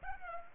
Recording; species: mosquito wingbeat signal from an infrared sensor; Culex pipiens